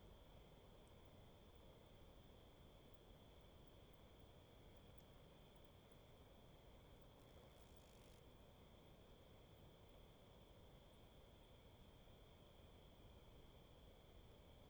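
Bats fly over still water at night, their wings making a dense, steady low flutter that fills the whole clip at an even level. A thin, constant high whine runs through the background, and a brief soft hiss rises around the eighth second.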